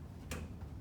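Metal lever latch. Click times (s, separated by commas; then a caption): 0.3 s. A release lever or foot pedal on a Nautilus weight machine's press arm is pushed and let go. The mechanism latches back into place with a sharp click at 0.3 s over a low background hum. No one speaks.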